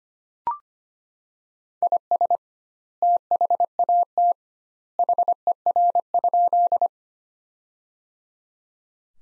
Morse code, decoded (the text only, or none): IS THAT HER?